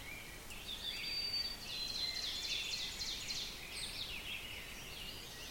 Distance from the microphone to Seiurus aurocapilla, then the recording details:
about 75 m. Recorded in boreal forest in Alberta, Canada, on 5 June 2016 at 07:17. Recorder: SongMeter 3, array SBT-3-51. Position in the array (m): 257 m, 126 m. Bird 28